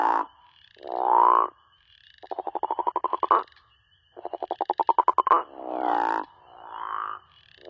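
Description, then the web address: Crawfish frog giving loud snore-like croaks mixed with rapid pulsed rattles, calls separated by short gaps. North America. "Songs of Frogs Toads of North America. Crawfish Frog"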